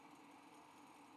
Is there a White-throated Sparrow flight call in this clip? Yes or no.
no